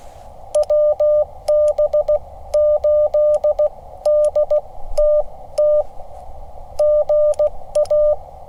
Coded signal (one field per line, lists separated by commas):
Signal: Morse code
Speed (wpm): 16 wpm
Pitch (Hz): 1200 Hz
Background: none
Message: WB8DTT GA